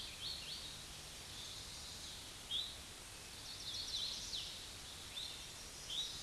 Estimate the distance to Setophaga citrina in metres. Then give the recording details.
about 55 m. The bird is about 15 m above the microphone. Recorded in a Pennsylvania forest on 16 May 2024 at 08:55. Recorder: AudioMoth, point MSD-2456. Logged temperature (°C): 16.4 °C. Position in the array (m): 151 m, 134 m